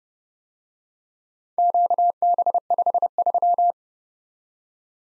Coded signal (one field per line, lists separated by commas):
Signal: Morse code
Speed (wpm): 29 wpm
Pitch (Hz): 700 Hz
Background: none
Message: QB53